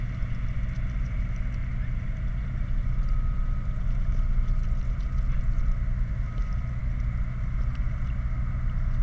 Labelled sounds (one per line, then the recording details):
machinery
flare stack
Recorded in the Prudhoe Bay oil fields, Alaska, on 11 August 2019 at 20:37
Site 29